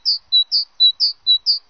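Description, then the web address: Great tit song: a bright, high two-note phrase, the first note slightly higher than the second, repeated four times at a quick, even pace over a quiet background. "sons Mesange charbonniere"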